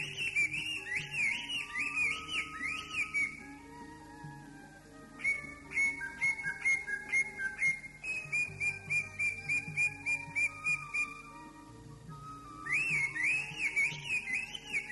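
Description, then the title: Greater green leafbird song mixing fast looping warbled whistles with runs of short repeated whistled notes, separated by brief pauses, over a low continuous hum. "Kicau Burung Cucak Ijo"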